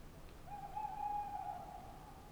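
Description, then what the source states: Tawny owl producing one short, steady, low hoot lasting about a second over light hiss. Tawny owl at night on wooded banks of the Dordogne near Limeuil, France, under a starry sky; end of Cadouin festival; recorded with Sonosax SX-R4+ and DPA 4022 microphones.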